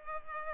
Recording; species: mosquito wingbeat signal from an infrared sensor; Culex pipiens